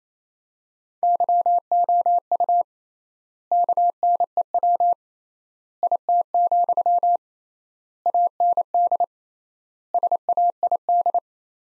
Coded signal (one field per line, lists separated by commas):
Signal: Morse code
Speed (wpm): 28 wpm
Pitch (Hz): 700 Hz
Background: none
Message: YOU KNEW IT, AND SAID